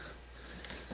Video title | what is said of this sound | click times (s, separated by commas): LG G3 Vibration Motor Replacement How To Change | and just make sure that everything clicks in nicely | 0.7 s